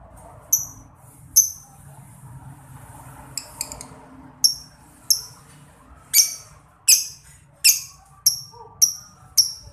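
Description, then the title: Lovebird chirps: sharp, high notes that start scattered, then come in a steady run roughly every half to one second, with a faint background hum. Masteran training recording played to labet lovebirds so they quickly develop ngekek panjang, a long ngekek song. "Kicau Lovebird SUPER GILA !!! Terapi Masteran LABET Terbaik Agar Labet Cepet NGEKEK PANJANG"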